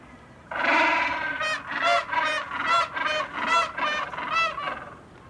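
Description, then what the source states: Gentoo penguin call: a harsh braying sequence, a rough opening note followed by several loud pulsed notes in quick series. Captive male gentoo penguin in a Sydney aquarium exhibit calling to his male partner; special call made on finding a partner, unique to each penguin, sung from one side of exhibit, answered if partner interested.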